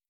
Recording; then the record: hydrophone in a shrimp aquaculture tank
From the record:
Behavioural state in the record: stressed